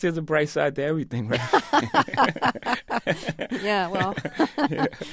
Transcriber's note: soundbite of laughter